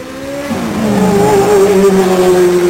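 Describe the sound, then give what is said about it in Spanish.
A racing car engine roars loudly, its harmonic whine dipping in pitch early on, then holding a strong, steady buzzing drone with no voices present. “Hoy nos vamos a centrar en los coches de las carreras más conocidas.”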